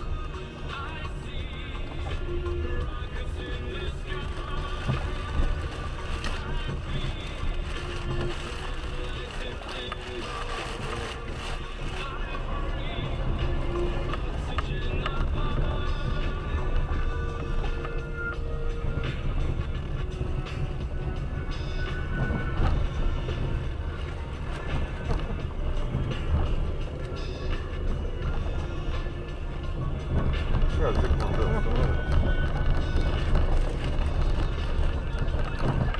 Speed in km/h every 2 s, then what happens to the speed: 13, 15, 17, 19, 14, 5, 1, 7, 17, 21, 19, 20, 17, 18, 18, 15, 18, 22.
0-7 steady at about 15. 7-13 slows to 1. 13-17 pulls away to 21. 17-30 steady at about 18. 30-36 speeds up to 22.